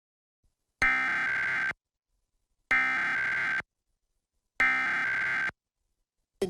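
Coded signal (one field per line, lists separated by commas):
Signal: Emergency Alert System (SAME) tones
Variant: header bursts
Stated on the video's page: EAS tests, mostly monthly tests or required weekly tests, relayed by various TV stations using DASDEC-II encoders unless noted otherwise.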